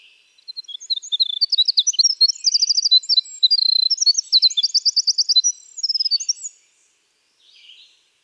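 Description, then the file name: Winter wren song: a long, very high, rapid tumbling stream of trills and sharp notes, about six seconds without pause, then a brief soft note near the end. "Troglodytes hiemalis - Winter Wren"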